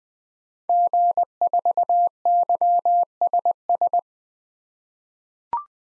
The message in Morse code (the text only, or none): G4YSS